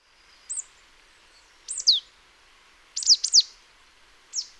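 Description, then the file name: Marsh tit calls: sharp, high descending notes given singly or in quick runs of two or three, scattered irregularly over a few seconds against a faint steady hiss. "Poecile palustris"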